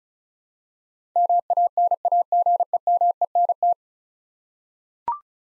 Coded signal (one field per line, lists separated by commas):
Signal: Morse code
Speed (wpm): 36 wpm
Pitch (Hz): 700 Hz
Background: none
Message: MANAGEMENT